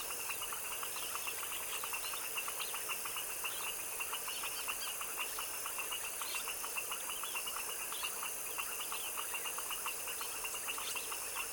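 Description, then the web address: Frogs calling together in rapid rhythmic bursts of brief ticking notes, layered and unbroken, over a constant high-pitched drone. Frog chorus in a tropical wetland swamp in the evening at dusk, described as foaming frogs. "GDC 2017-Game Audio Bundle Articulated Sounds - Tropical Ambiences TROPICAL Wetland swamp evening foaming frog dusk chorus"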